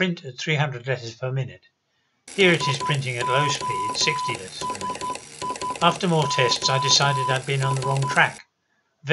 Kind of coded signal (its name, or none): Morse code